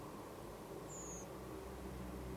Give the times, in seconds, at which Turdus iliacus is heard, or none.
0.89-1.25